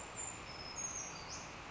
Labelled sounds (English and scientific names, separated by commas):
Brown Creeper (Certhia americana)